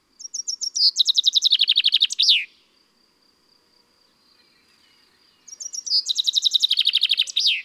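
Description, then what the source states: Common chaffinch, two song phrases separated by about three seconds of quiet; each is a high accelerating cascade of trilled notes finishing with a bright downward flourish. Garden bird.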